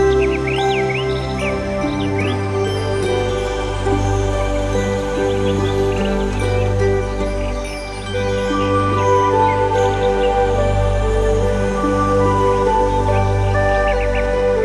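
Meditation music with nature sounds: a steady, dense bed of sustained low tones and held higher notes that barely changes in loudness. Short rising chirps of birds appear high above the drone, clustered near the start and again around twelve seconds.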